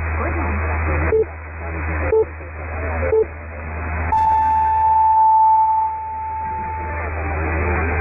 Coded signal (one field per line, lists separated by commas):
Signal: radio time signal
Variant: time pips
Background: speech